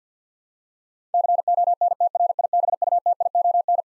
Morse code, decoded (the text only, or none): CONTRIBUTION